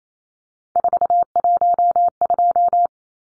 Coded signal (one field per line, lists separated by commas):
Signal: Morse code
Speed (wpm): 28 wpm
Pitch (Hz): 700 Hz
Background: none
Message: 412